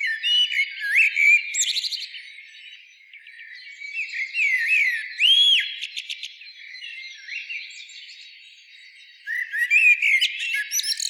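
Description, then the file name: Common blackbird singing mellow whistled phrases that slide up and down, with high scratchy flourishes, in three bursts separated by quieter stretches. "Turdus merula"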